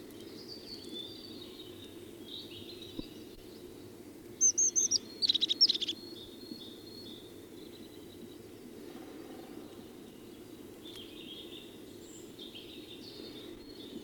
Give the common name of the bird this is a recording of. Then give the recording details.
European Crested Tit. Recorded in the wild. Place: Schorfheide, Brandenburg, DE. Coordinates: 52.907, 13.531. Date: 1989-04-16. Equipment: Nagra III BH, Sennheiser MD 21, parabola. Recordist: Schubert, Michael